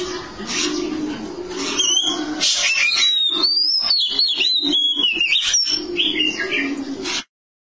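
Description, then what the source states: Oriental magpie-robin song: varied high whistled phrases, sliding and warbling, over a steady low hum and frequent clicking noises. Long-duration song.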